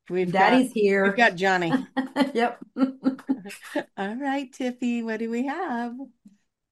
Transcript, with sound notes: We've got-
Daddy's here.
We've got Johnny.
(laughs) Yep.
All right, Tiffy, what do we have?